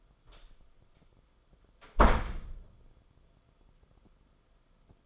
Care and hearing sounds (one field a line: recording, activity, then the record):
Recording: daily activity, microphone in the room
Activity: close door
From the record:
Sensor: 5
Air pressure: 994.4 hPa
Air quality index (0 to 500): 186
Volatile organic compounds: 1000 ppm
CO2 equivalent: 5508 ppm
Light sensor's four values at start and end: 13/32/13/14 and 11/28/11/13